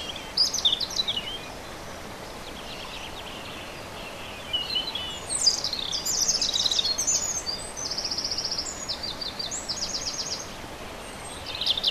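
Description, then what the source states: European robin delivering several high, liquid phrases mixing sharp sweeps and rapid buzzy trills, with short pauses between them against a steady hiss. Recorded on 27 April 2011 with an MZ-N710 recorder.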